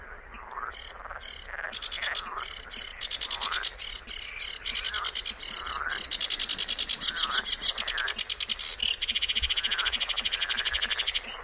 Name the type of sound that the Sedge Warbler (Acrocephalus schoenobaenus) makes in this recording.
song